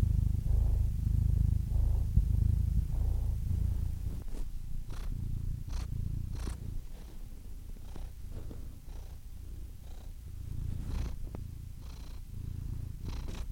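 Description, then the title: Domestic cat purring in a deep low rumble for the first few seconds, then softer purring broken by scattered sharp clicks and rustles. "Adorable Cat Meows"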